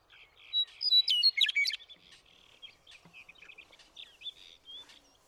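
Western meadowlark song: a loud burst of about a second of rich, flute-like whistles, followed by softer twittering and a few sharp clicks.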